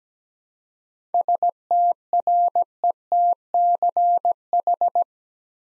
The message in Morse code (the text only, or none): STRETCH